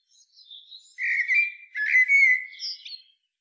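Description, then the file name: Eurasian blackbird song phrase: soft thin notes, then a rich, fluty warble ending in a higher, squeaky twitter. "Turdus merula"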